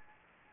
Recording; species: mosquito wingbeat signal from an infrared sensor; Anopheles gambiae